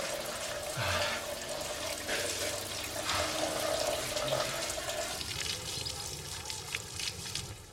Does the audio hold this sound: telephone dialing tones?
no